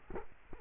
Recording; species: mosquito wingbeat signal from an infrared sensor; Culex quinquefasciatus